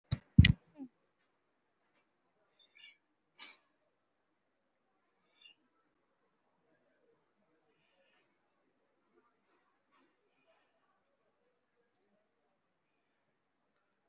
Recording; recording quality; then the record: deep breathing; poor, much background noise or distortion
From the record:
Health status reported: COVID-19 positive, moderate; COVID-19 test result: positive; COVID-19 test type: RT-PCR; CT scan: taken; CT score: 5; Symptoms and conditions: cough, breathing difficulty, fever, fatigue, muscle pain, loss of smell and taste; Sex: male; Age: 56 years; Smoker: no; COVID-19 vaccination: both doses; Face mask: worn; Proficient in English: yes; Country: India